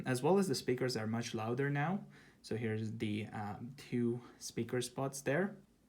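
A watch band end is being handled at the band slot of a Space Black stainless steel 44mm Apple Watch Series 4 case while someone talks throughout. No click is heard, and nothing has seated or clicked into place yet.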